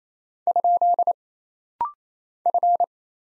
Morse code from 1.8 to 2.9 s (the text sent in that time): F